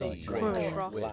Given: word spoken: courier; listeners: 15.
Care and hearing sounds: one English word in noise, from a listening test; four-talker babble; 0.2 dB; 0 of 15; 6 of 15; 0.73 s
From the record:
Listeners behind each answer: 6, 2, 1, 1, 1, 1, 1, 1, 1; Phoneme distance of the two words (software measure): 24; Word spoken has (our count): 2 syllables, 4 phonemes, stress on syllable 1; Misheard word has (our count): 1 syllable, 4 phonemes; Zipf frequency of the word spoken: 3.33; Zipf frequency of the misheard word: 4.11

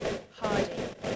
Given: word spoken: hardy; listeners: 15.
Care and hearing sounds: one English word in noise, from a listening test; noise modulated by three-talker babble; -5.6 dB; 3 of 15; 12 of 15; 0.76 s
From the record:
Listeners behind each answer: 12, 3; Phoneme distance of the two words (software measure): 27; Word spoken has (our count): 2 syllables, 4 phonemes, stress on syllable 1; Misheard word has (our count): 2 syllables, 5 phonemes, stress on syllable 1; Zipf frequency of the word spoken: 3.99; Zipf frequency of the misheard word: 4.44

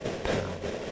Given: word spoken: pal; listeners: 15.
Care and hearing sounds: one English word in noise, from a listening test; noise modulated by three-talker babble; -5.3 dB; 0 of 15; 7 of 15; 0.51 s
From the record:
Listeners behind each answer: 7, 4, 1, 1, 1, 1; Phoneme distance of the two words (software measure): 27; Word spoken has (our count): 1 syllable, 3 phonemes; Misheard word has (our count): 1 syllable, 4 phonemes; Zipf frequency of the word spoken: 4.05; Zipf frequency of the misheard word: 4.51

